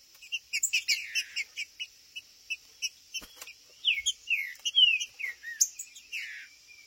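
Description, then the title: Green-winged saltator song: a quick run of sharp chirps, then several loud downslurred whistles, over a steady high hiss. Chirping, singing and territorial calling (macheando) in a contest. "TRINCA Piando, Cantando E Macheando Na DISPUTA"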